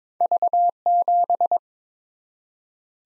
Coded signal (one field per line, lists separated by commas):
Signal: Morse code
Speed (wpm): 22 wpm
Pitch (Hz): 700 Hz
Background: none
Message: V7